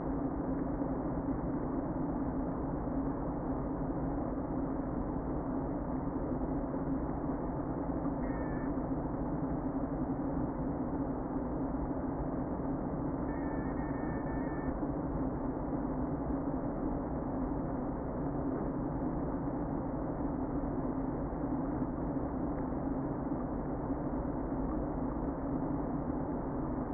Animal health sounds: honeybee colony, microphone inside the hive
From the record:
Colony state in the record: queen present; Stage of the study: before two queens were removed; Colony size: about 60,000 bees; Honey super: yes

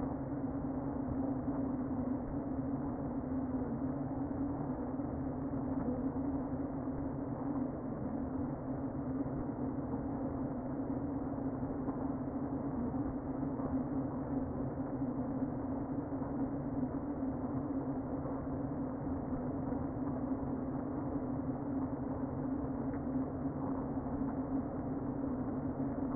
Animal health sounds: honeybee colony, microphone inside the hive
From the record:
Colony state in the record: queen present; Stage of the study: before two queens were removed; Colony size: about 60,000 bees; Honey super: yes

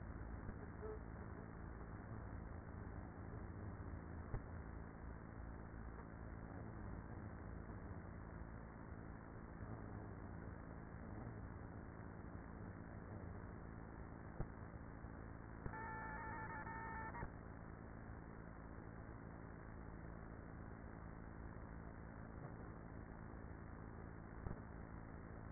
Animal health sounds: honeybee colony, microphone inside the hive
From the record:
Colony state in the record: queenless with a low population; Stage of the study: after two queens were removed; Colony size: about 30,000 bees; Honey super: no

